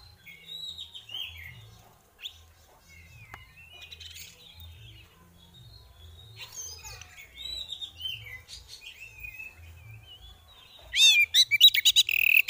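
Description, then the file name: Oriental magpie-robin song: soft, scattered whistled phrases, then a loud, rapid, buzzy chatter of repeated notes near the end. Female bird; therapy audio; 'ngeriwik ngeplong' style of calling. "Terapi Suara Burung Kacer Betina Ngeriwik Ngeplong"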